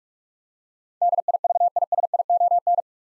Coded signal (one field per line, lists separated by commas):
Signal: Morse code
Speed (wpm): 46 wpm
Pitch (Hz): 700 Hz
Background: none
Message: DIVISION